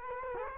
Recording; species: mosquito wingbeat signal from an infrared sensor; Culex quinquefasciatus